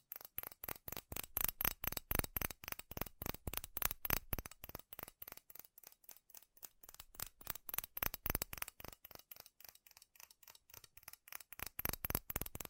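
Fast, furious tapping on metal, a dense run of sharp, bright clicks that goes on for the whole stretch. The strikes come in quick uneven bursts, thinning briefly around the middle and near the tenth second, then crowding together again toward the end.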